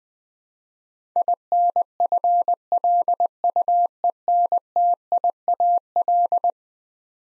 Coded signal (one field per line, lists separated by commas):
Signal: Morse code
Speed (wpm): 21 wpm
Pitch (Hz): 700 Hz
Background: none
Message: INFLUENTIAL